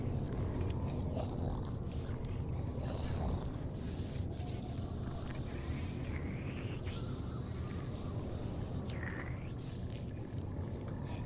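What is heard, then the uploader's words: A zombie ambience: a thick, steady wall of low growling and murmuring fills the whole clip at an even loudness. Scattered wet clicks and scrapes break through throughout, with a few brief brighter rasps, one standing out near nine seconds. Zombie apocalypse ASMR Ambience. Zombie eat/bite/moan.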